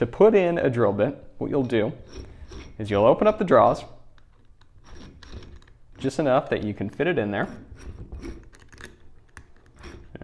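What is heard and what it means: Someone talks while a drill bit is slid into the opened jaws of a drill's keyless chuck and lined up in position. Only soft handling taps and faint mechanism ticks are heard between the speech. Nothing has clicked or seated yet, and the chuck has not been tightened.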